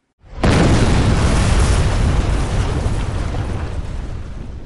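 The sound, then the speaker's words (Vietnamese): A sudden, loud explosion bursts in after a brief silence, throwing up a mushroom cloud in the sky, then rolls on as a sustained, deep rumbling roar that slowly fades without dying away. “Một tiếng nổ to lớn vang lên.”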